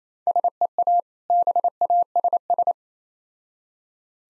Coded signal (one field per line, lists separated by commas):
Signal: Morse code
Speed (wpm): 28 wpm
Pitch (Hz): 700 Hz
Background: none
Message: SEA BASS